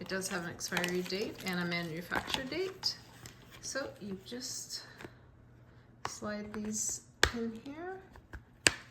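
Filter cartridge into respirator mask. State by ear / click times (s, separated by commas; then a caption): seated / 8.7 s. Someone talks while sliding plastic 3M filter cartridges into the side ports of a half-face respirator mask and pressing them until they snap home. A sharp click at 8.7 s marks the cartridge seating into place.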